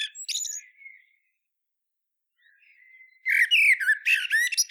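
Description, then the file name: Eurasian blackbird song: the end of a phrase with high twitters, a pause, then quiet low notes leading into a loud fluted warble mixed with squeaky high twittering. "Turdus merula"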